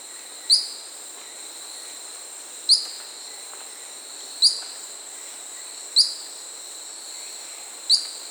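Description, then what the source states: Short-tailed pygmy-tyrant calling: five sharp, very high ticking chips spaced about every one and a half to two seconds over a steady high insect drone. South America.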